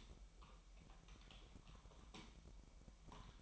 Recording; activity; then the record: daily activity, microphone in the room; typing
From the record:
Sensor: 1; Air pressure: 1002.0 hPa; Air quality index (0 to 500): 244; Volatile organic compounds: 49 ppm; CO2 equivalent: 3285 ppm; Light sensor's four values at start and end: 8/29/10/12 and 8/29/10/12